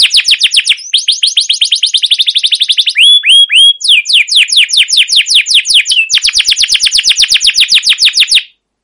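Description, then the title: Canary song, loud and continuous, with fast rolling trills of downward-sweeping notes, a few slower slurred whistles midway, then another rapid roll before stopping. Canary song with long rolling trills, used as a lure (pancingan) and training master recording for other canaries. "CUIT CUIT NGEROL LANGSUNG GACOR PANJANG Kenari Ini AMPUH Utk Pancingan KENAR. Masteran Suara Burung Kenari Gacor Panjang cuit cuit Ngerol untuk Pancingan Kenari!"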